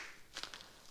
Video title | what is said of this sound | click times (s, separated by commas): Topeak Elementa Gearbag Bike Saddle Bag Review - feat. Ratchet w/ Bits + Rail Wing System + Compact | the labels printed onto the fabric which is really cool detail so it looks really highend and this holder has a nice click | 0.4 s